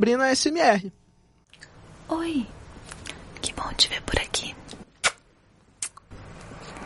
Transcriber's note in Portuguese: áudio da youtuber sussurrando oi, que bom te ver por aqui! o que você vai arrumar hoje?